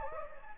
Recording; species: mosquito wingbeat signal from an infrared sensor; Anopheles gambiae